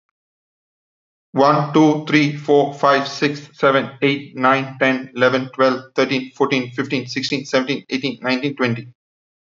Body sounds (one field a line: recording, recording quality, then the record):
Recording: counting at a fast pace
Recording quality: excellent, no background noise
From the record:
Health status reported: healthy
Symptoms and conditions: diabetes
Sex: male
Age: 36 years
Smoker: not ticked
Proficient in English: yes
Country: India